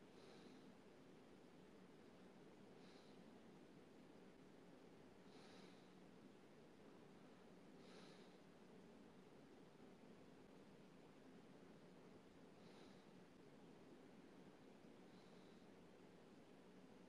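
Soft, airy breaths come every two to three seconds, each a brief hissy puff, with a longer pause around the middle. Beneath them runs a steady, dense rushing hiss with a low rumble, unchanging in loudness throughout.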